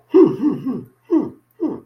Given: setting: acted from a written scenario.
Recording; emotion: vocal sound without words; disgust